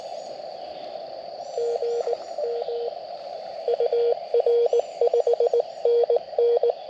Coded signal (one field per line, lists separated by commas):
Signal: Morse code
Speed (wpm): 18 wpm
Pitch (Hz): 470 Hz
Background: radio noise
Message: GM UR 5NN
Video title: EDC Ham Radio Go-Kit for QRP POTA - 5/23/23 @ K-3864